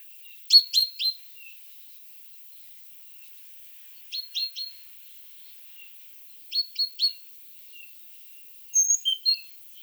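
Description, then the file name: Great tit calls: several clipped three-note bursts repeated every few seconds, ending with a looser group of thin notes. "Parus major"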